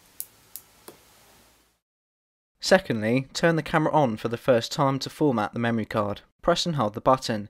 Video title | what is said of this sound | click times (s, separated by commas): REVIEWED: RoadHawk Ride 720P Bullet Camera for Cyclists, Motorbike & Horse Riders | use your fingernail or a pen to make sure it clicks into place | 0.2 s